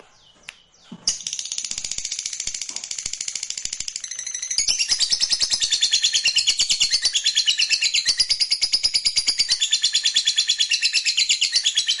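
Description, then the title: Lovebird ngekek: after a few soft notes, a long, fast, rattling high trill starts and keeps going, swelling stronger halfway through and holding steady to the end. Fighter lovebird giving a long ngekek trill. "Begitu Dengar Suara Lovebird FIGHTER NGEKEK PANJANG"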